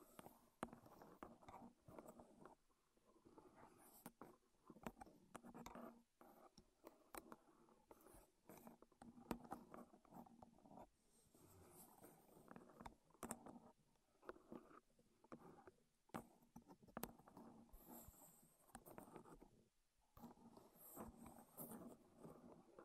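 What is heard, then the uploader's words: Wooden tapping, scraping and knocking sounds, dense and irregular, run throughout with frequent sharp clicks and short bursts. A low, hollow rumble sits underneath, and the sounds thin out briefly around 19 to 20 seconds before resuming. ASMR Wood Triggers in Your Ears (No Talking).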